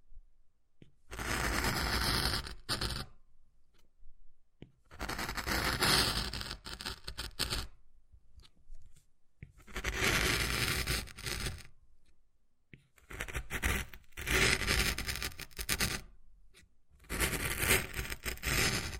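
Wood carving sounds come in rough bursts of scraping and scratching, each lasting one to three seconds, separated by brief silences. The strokes are gritty and hissy, reaching up into bright high tones, with small cracks and taps mixed into the longer scrapes.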